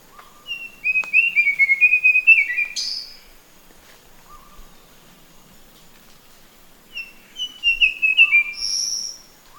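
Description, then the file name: Verditer flycatcher song: two rapid warbling phrases, each ending with a sharp high squeaky note, separated by a lull with a soft low whistle. "sikatan biru muda"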